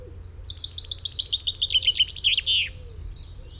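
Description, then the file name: Common chaffinch song phrase, a cascading series of crisp chips falling in pitch over two seconds and closing with an emphatic flourish, over faint low background hum. "Fringilla coelebs"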